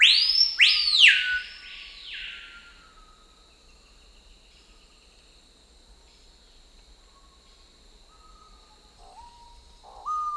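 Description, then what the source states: Screaming piha call: a few ringing whistles that swoop steeply up and fall away, then a steady high insect drone with faint whistles near the end. South America.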